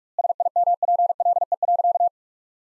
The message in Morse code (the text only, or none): SIMPLE.